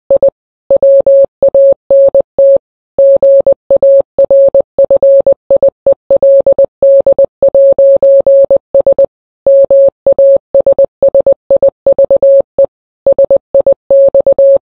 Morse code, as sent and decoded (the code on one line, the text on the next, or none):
.. / .-- .- -. - / --. .- .-. ..-. .. . .-.. -.. .----. ... / -- .- ... ... .. ...- . / ... .. -..-
I WANT GARFIELD'S MASSIVE SIX